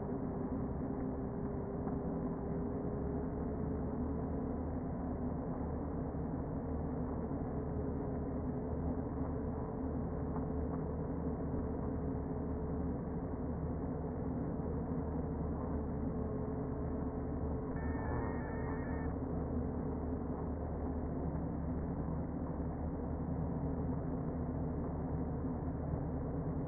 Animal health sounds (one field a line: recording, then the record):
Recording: honeybee colony, microphone inside the hive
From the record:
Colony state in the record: queen present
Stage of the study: before two queens were removed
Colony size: about 60,000 bees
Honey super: yes